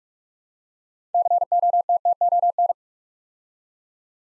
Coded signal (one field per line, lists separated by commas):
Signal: Morse code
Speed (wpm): 48 wpm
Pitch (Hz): 700 Hz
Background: none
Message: COTTON